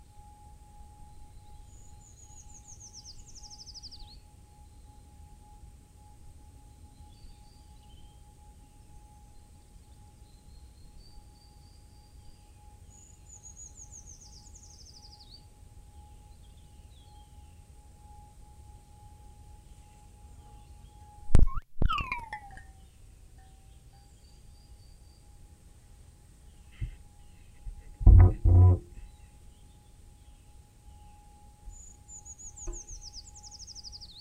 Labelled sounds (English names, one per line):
Short-toed Treecreeper